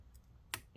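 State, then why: Seated. The second heatsink screw on a Lenovo ThinkPad P51 is twisted backwards over its motherboard standoff, and at 0.5 s a sharp click is heard as the thread drops into alignment, with fainter ticks around 0.2 s and 0.8 s. The screw is then tightened and seated.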